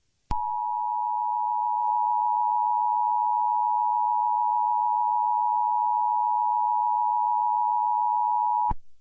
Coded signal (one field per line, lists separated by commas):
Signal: Emergency Alert System (SAME) tones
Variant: 853 and 960 Hz attention tone